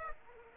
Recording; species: mosquito wingbeat signal from an infrared sensor; Aedes aegypti